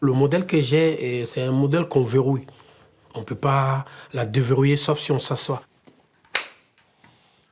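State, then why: Seated. A person stands up in a leg orthosis whose knee joint locks, while someone talks for the first five and a half seconds. After a few faint shuffling sounds, the knee joint snaps into its locked position with one sharp click at 6.4 s, a reassuring sign that the wearer will not fall.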